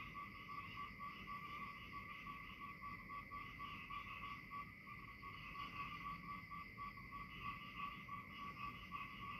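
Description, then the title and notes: Frog calls steadily and rapidly pulsing, a constant trilling band with higher overtones, over a continuous hiss of falling rain. "Frog Time. Frog and Rain"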